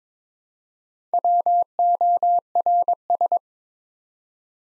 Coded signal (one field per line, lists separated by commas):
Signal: Morse code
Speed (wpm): 22 wpm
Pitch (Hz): 700 Hz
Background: none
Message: WORS